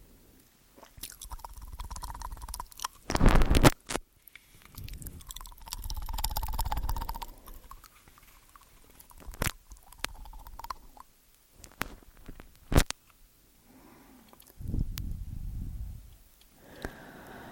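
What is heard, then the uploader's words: Mouth and eating sounds with wet clicks and sharp crunchy bursts near four and thirteen seconds, over soft rustling and brief purring tones. Simple Ear Eating, Complex Tingels ~ ASMR TASCAM.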